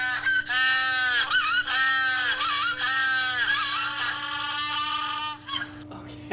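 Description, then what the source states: African penguin braying calls, long harmonic honking brays running almost without pause for about five seconds, over a steady low electrical hum. A couple of penguins calling together; a recording played back.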